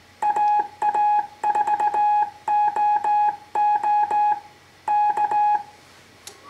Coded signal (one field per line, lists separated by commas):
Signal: Morse code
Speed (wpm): 17 wpm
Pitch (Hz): 840 Hz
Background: none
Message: AA4OO K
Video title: Heathkit HW-101 tube radio CW QSO